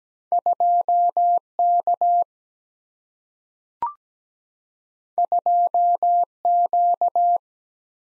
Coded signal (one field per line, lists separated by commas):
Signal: Morse code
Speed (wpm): 17 wpm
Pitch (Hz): 700 Hz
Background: none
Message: 2 K 2 Q